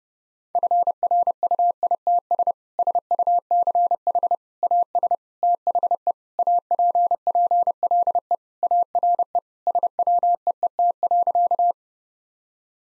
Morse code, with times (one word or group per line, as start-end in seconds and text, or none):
0.6-2.5 FRUITS
2.8-4.3 SUCH
4.6-5.1 AS
5.4-6.1 THE
6.4-8.3 APPLE
8.6-9.4 ARE
9.7-11.7 SWEET.